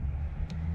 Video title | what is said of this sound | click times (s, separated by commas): 350Z Front Wipers Replacement | then just pull it out and you'll hear it click in like that so | 0.5 s